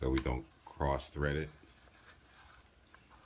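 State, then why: Not seated. A barrel is turned counterclockwise against the body of a Valken M17 paintball/airsoft marker, feeling for the thread-start click so it doesn't cross-thread. Someone talks over the first half, then only quiet handling noise follows. No thread-start click is heard, and the barrel has not clicked into place yet.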